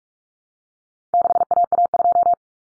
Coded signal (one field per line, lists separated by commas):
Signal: Morse code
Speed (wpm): 44 wpm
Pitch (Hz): 700 Hz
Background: none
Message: 6AA2